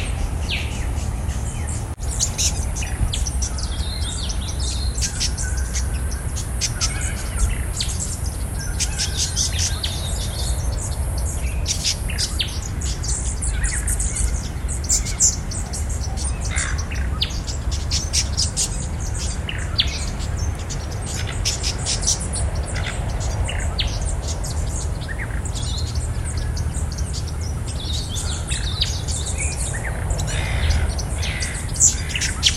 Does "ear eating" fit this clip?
no